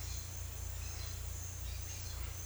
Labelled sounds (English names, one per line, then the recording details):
none
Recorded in secondary vegetation near Puerto Asís, Putumayo, Colombia, on 18 December 2024 at 10:00
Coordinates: 0.488, -76.319
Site GP04